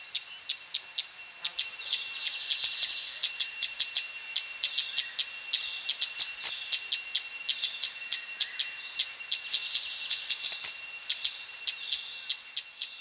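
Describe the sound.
Scarlet-backed flowerpecker with a run of crisp, high-pitched tick calls, evenly spaced with occasional quicker clusters.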